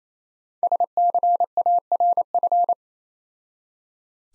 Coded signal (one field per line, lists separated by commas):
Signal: Morse code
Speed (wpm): 27 wpm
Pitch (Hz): 700 Hz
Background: none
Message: SCARF